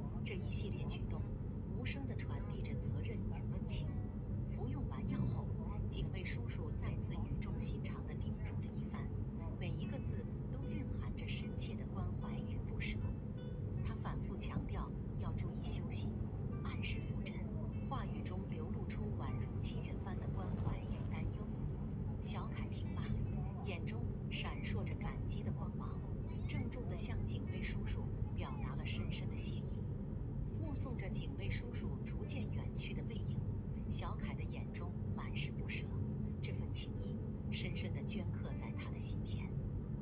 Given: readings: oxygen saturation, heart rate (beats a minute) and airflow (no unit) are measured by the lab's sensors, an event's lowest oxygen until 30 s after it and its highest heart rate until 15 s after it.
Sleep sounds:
a person awake in a sleep study, by a smartphone at the bedside; none
0.00-40.02 s: awake
From the record:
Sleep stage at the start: awake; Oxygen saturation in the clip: 94 to 96%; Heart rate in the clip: 70 to 83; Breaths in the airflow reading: 9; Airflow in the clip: -4.8 to 5.9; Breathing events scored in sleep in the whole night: 131 in 7.2 hours asleep

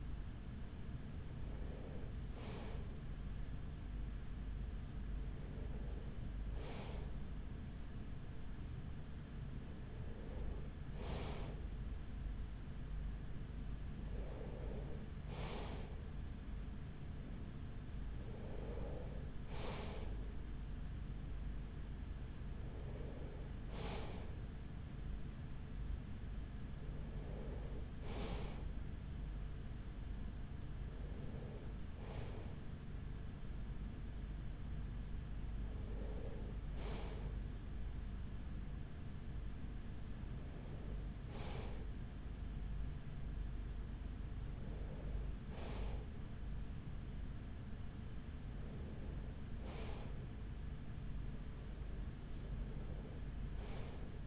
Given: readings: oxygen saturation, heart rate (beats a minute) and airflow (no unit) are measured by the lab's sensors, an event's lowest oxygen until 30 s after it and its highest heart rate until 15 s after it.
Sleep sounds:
breathing in sleep by a smartphone at the bedside; none
32.00-54.27 s: new sleep stage, N3 (deep sleep)
From the record:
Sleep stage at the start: N2 (light sleep); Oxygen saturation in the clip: 94 to 95%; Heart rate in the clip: 42 to 46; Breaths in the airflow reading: 13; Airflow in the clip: -6.6 to 5.9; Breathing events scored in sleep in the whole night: 207 in 7.6 hours asleep

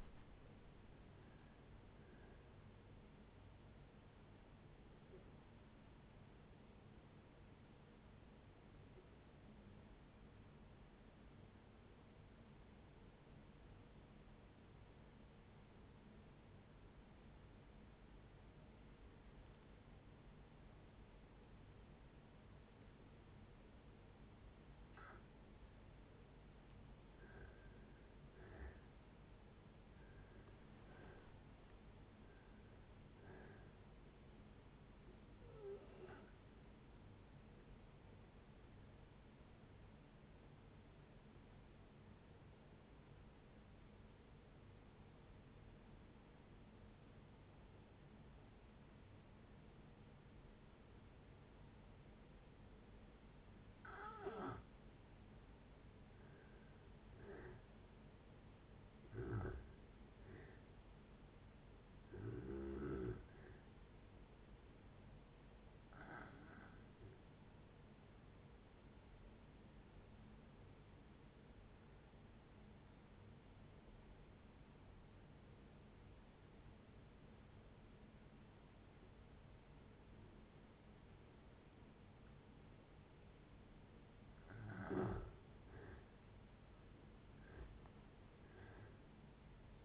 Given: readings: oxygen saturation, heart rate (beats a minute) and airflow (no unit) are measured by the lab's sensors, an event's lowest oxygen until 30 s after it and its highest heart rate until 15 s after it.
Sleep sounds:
breathing in sleep by a voice recorder at the bedside; 3
1.00-61.00 s: new sleep stage, N1 (lightest sleep)
3.00-27.50 s: hypopnea (N1, oxygen 98% highest, then 80% lowest)
39.00-56.10 s: hypopnea (N1, oxygen 95% highest, then 86% lowest)
61.00-89.84 s: new sleep stage, N3 (deep sleep)
67.00-84.10 s: hypopnea (N3, oxygen 96% highest, then 83% lowest)
From the record:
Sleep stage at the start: N2 (light sleep); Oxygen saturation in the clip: 80 to 98%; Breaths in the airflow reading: 15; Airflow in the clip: -9.6 to 13.8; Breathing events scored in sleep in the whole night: 496 in 5.4 hours asleep

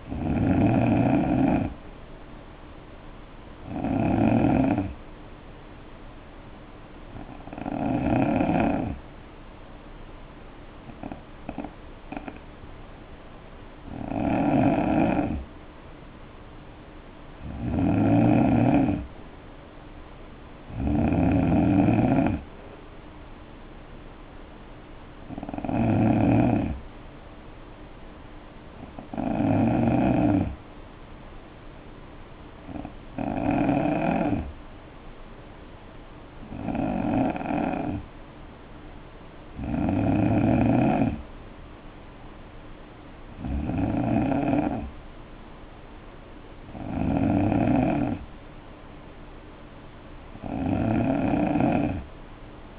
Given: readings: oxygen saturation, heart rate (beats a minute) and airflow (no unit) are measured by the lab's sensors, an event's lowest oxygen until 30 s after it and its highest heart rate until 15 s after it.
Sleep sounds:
breathing in sleep by a voice recorder at the bedside; 2
6.00-20.20 s: hypopnea (N2, oxygen 92% highest, then 88% lowest, heart rate 65 at the start, 65 highest)
26.00-52.79 s: new sleep stage, N3 (deep sleep)
30.00-44.20 s: hypopnea (N3, oxygen 93% highest, then 90% lowest, heart rate 63 at the start, 66 highest)
From the record:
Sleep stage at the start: N2 (light sleep); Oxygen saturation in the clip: 88 to 93%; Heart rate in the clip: 58 to 69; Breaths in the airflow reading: 15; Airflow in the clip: -7.2 to 3.9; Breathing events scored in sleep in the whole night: 520 in 7.2 hours asleep

